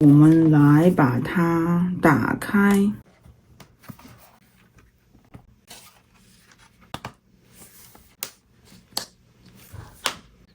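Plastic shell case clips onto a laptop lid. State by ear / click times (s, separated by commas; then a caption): seated / 6.9 s, 8.2 s, 9.0 s, 10.1 s. Someone talks briefly, then a hard plastic protective shell case is pressed onto a MacBook Pro laptop lid amid soft handling rustles. Its clips snap in around the four edges with sharp clicks at 6.9, 8.2, 9.0 and 10.1 seconds, and the shell is seated properly.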